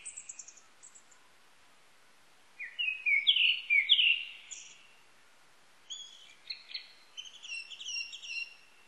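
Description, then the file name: Japanese thrush song: high thin notes, then a burst of rich warbled whistles, followed by a phrase of mixed high notes. Recorded on 19 April 1998. "980419 kurotugumi"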